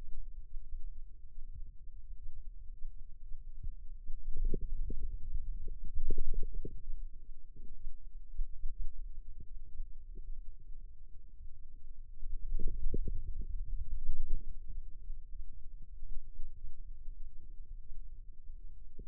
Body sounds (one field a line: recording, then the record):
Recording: forearm muscle sounds (acoustic myography)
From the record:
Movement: ulnar deviation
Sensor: system 2, bracelet of six BSWA MPA416 microphones around the upper forearm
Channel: 5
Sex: male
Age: 22 years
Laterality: right